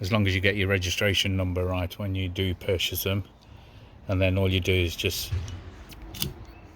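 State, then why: Seated. Someone talks while a windscreen wiper blade is slid back onto the hook of a car's wiper arm. At 6.2 s there is a short, sharp click as the blade's plastic adapter clips in, and the blade is seated on the arm.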